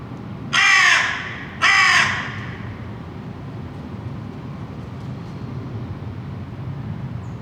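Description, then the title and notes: Crow uttering two loud, coarse caws close together, followed by several seconds of quiet low background hum. Several crows in Saint-Gilles, Belgium; recorded with Earsight V2 microphones in AB stereo into a Zoom F3. "Saint-Gilles, Belgique - Crows - corneilles. corbeaux corneilles"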